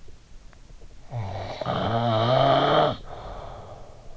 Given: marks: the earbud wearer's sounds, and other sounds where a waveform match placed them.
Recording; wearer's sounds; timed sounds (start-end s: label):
sounds in sleep by an in-ear microphone; snoring breath
0.78-4.03 s: snoring breath